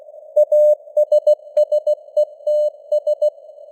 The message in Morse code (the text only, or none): ASSETS